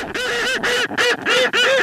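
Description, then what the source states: Westland petrel calling in a rapid series of harsh, braying notes, several loud bursts with brief gaps between them. Westland petrels (tāiko), about 4,000 pairs, breed only in an eight-kilometre stretch of coastal forest near Punakaiki, West Coast, South Island.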